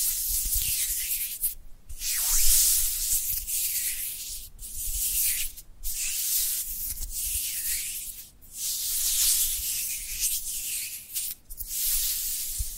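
Dry hands rub together in long, hissing strokes, a bright papery friction like sanding. The rubbing runs in bursts of one to two seconds, broken by short silent gaps near 2, 4.5, 5.7, 8.3 and 11.4 seconds, with faint low thumps underneath.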